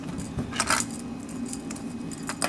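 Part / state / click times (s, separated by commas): gas tubing quick-connect fitting onto controller port / seated / 2.4 s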